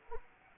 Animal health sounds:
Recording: mosquito wingbeat signal from an infrared sensor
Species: Anopheles arabiensis

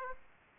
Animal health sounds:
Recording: mosquito wingbeat signal from an infrared sensor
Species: Aedes aegypti

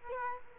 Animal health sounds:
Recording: mosquito wingbeat signal from an infrared sensor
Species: Culex quinquefasciatus

